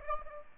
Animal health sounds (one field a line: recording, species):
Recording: mosquito wingbeat signal from an infrared sensor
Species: Aedes aegypti